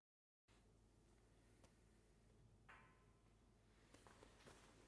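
The two moulded plastic tabs on a respirator hood are handled as they are lined up with the matching fixtures on the plastic yoke. After a short silence, a steady low hum runs throughout, with faint rustling and a few brief, quiet handling noises. The clip ends before the tabs go in, so nothing has seated or clicked yet.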